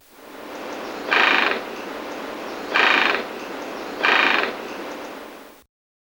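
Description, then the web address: Gray-breasted Mountain Toucan uttering three rasping, nasal calls about one and a half seconds apart, followed by silence at the end. Recorded in Ecuador. "Birds of Ecuador. Gray-Breasted Mountain Toucan"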